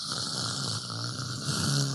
It would be better if he snored like this that's almost kind of like brown white noise.